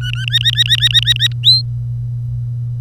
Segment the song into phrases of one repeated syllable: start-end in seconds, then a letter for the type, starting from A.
0.01-0.25 A, 0.27-1.27 B, 1.43-1.61 C